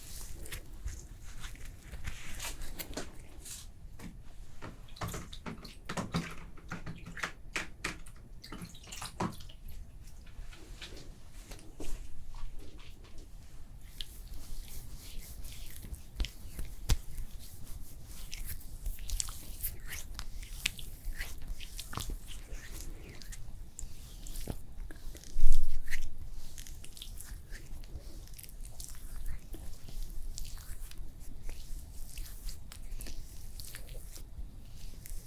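An after-sun cooling facial treatment: soft wet, sticky clicks and crackles, like cream being worked over skin, come thick and quick through the first ten seconds, then thin out to scattered taps. A brief louder rustle stands out around twenty-five seconds.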